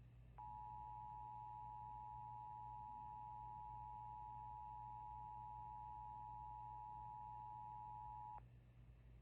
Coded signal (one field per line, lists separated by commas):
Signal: Emergency Alert System (SAME) tones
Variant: 853 and 960 Hz attention tone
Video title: Law Enforcement Warnings for A Missing Woman that has been found safely! (EAS #68 & #69)